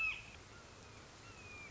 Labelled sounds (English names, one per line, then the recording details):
Red-shouldered Hawk
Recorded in Sonoma County, California